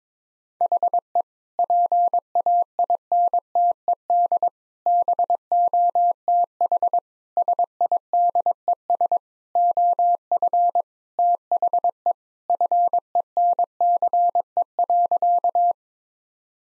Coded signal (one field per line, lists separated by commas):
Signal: Morse code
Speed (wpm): 22 wpm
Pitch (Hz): 700 Hz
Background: none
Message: HE PAINTED BOTH SIDES OF THE FENCE.